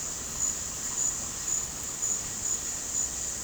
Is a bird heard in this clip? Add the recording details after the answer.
no. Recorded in dense forest near Puerto Asís, Putumayo, Colombia, on 12 March 2025 at 15:00. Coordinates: 0.467, -76.328. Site G041